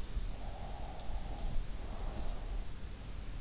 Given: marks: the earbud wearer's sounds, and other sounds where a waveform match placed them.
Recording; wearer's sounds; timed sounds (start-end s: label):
sounds in sleep by an in-ear microphone; breath
0.00-3.04 s: breath